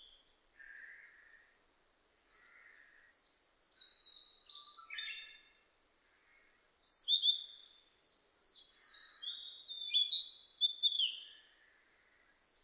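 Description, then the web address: Narcissus flycatcher singing long runs of quickly repeated high ticking whistles, broken by lower buzzy notes and brief pauses. Recorded 25 April 2006. "2006 060425 kibitaki"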